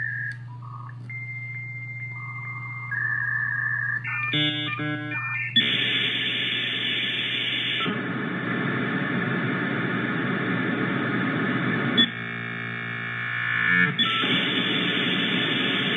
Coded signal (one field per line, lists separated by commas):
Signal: dial-up modem handshake